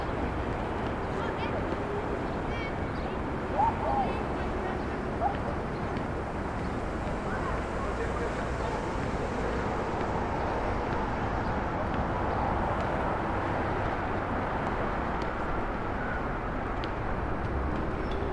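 A rooftop recording at Starr Street and Irving Avenue in Brooklyn, facing Maria Hernandez park: a steady, dense low rumble of traffic and city noise holds level throughout. Faint voices drift through, with a few brief sharper sounds near four and five seconds.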